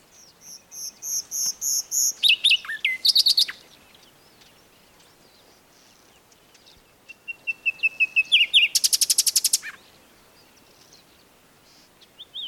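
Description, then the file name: Common nightingale song: a crescendo of pure repeated notes, a jumble of sharp notes, a run of thin high notes, and a fast rattling trill. "Luscinia megarhynchos"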